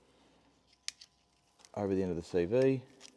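A circlip is handled on the end of a front CV shaft, with pliers used to pull the shaft out so the circlip can go over its end. A sharp metallic tick is heard near 0.9 s, a softer one near 1.0 s, and then someone talks. Nothing has seated or clicked into place yet.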